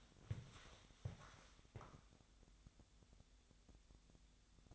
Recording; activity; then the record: daily activity, microphone in the room; walk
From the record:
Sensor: 3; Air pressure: 1000.5 hPa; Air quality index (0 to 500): 163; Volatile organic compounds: 3 ppm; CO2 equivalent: 1425 ppm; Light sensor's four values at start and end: 15/36/15/16 and 17/44/18/19